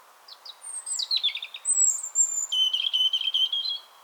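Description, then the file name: European robin song, a rapid run of high tinkling notes: short descending trills, a sweet drawn-out whistle, then a buzzy sustained warble lasting about four seconds. "Erithacus rubecula"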